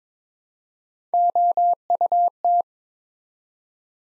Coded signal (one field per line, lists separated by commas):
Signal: Morse code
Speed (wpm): 22 wpm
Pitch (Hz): 700 Hz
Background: none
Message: OUT